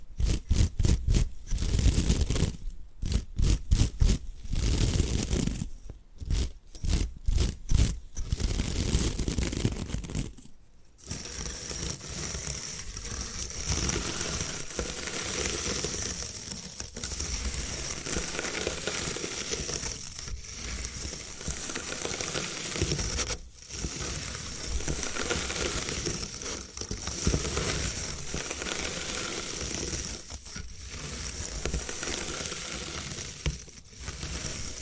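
Bamboo is tapped in quick, uneven bursts for the first ten seconds, then a steady, bright scratching and brushing continues with occasional brief pauses.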